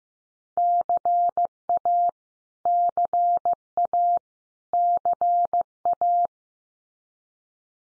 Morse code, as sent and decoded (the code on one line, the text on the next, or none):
-.-. .- / -.-. .- / -.-. .-
CA CA CA